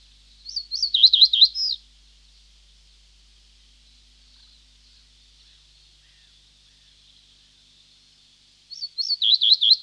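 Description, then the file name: Reed bunting singing a brief, high twittering phrase of wavering notes, once at the start and again near the end after a long silent gap. "Reed Bunting (Emberiza schoeniclus)"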